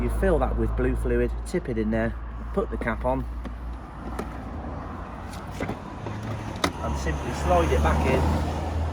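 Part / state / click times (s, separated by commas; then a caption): toilet waste cassette into the caravan cassette bay / not seated / none. Someone talks while an emptied toilet waste cassette (plastic tank), refilled with blue fluid and capped, is slid back into its cassette bay on an Elddis Xplore caravan, over a steady low engine-like hum. A brief sharp knock comes at about 6.6 s. The clip ends before the cassette clicks home, so nothing has seated or clicked yet.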